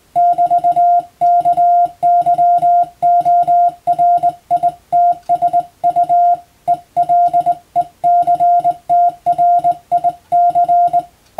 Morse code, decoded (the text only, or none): <BT> KYORITSU ELECTRIC